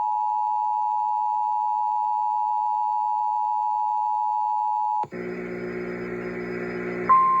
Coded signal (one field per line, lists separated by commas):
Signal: Emergency Alert System (SAME) tones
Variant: 853 and 960 Hz attention tone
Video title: Severe Weather Event | EAS Alerts from 3/31/22 | EAS 462-500